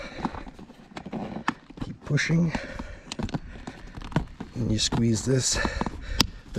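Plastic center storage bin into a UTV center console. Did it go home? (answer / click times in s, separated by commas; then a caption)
yes / 6.2 s. A plastic center storage bin is pushed down into the center console of a Can-Am Maverick X3 side-by-side while a fin underneath is squeezed, as someone talks over scattered knocks and taps. One sharp snap at 6.2 s marks the bin seating in place.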